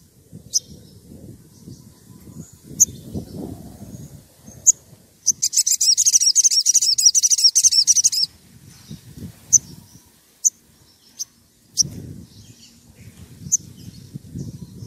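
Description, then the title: Oriental magpie-robin giving a three-second outburst of rapid, high, buzzy warbling amid sharp isolated chips, over steady low rumbling background noise. Loud, constantly singing bird; song played as a lure to provoke other magpie-robins into answering. "Pancingan Suara Siulan Kacer Gacor Mantap Untuk Memancing Kacer Lain Agar Mau Nyaut Bunyi"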